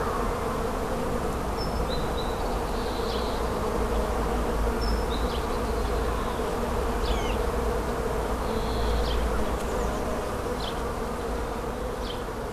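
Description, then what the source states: Bees drone in a steady, dense low hum, with a few brief high chirps in between. Bees, recorded 6 04 14 on an MZ-N710 MiniDisc recorder.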